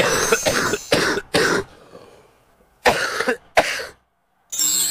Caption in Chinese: 这个老痰它有个特点啊，就是，它呢就是非常的深，它就是在深入肾脏甚至是经络的这么一个，那么 它是一个咳起来非常费劲。 我们老痰那个患者咳起来的话，甚至是你可以看到他 弓背甚至弯腰甚至是捶胸都咳不出来，然后咳完之后的话觉得腰酸啊乏力，。 我们好多老慢支的病人。 可能都咳不出几口痰、嗯、就很费劲，痰黏量少， 嗯，咳声肯定还要再往里了，更加厚重。